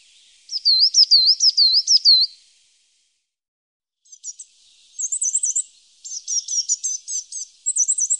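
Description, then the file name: Coal tit giving thin, high wavering notes in a fast run of several, a pause, then scattered short high chirps and quick rippling note series. "Svartmes"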